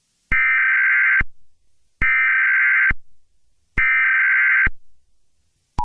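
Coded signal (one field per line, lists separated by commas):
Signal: Emergency Alert System (SAME) tones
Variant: header bursts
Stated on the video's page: Fictional zombie apocalypse alert scenario, not a real alert.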